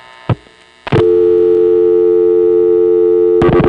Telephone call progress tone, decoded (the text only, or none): dial tone